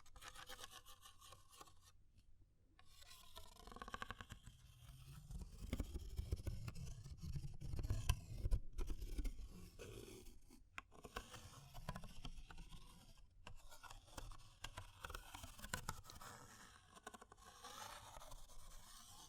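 Fire crackling, with dense dry scratching and rasping that runs the whole time, swelling louder from about five to nine seconds and again near twelve. Sharp little snaps and taps break through irregularly, with a few brief silent gaps early on and around thirteen seconds.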